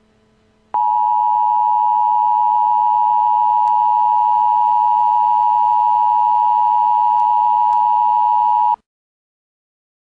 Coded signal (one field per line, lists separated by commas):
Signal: Emergency Alert System (SAME) tones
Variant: 853 and 960 Hz attention tone